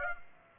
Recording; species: mosquito wingbeat signal from an infrared sensor; Aedes aegypti